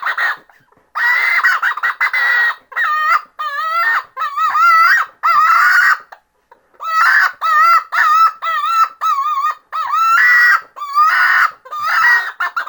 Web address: Chicken. Distress